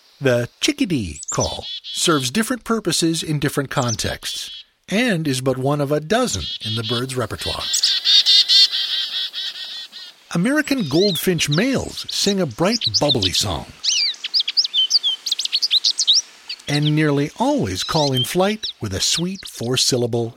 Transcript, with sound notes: The chick-a-dee call serves different purposes in different contexts and is but one of a dozen in the bird’s repertoire [mobbing call] American Goldfinch males sing a bright, bubbly song [American Goldfinch song] and nearly always call in flight with a sweet, four-syllable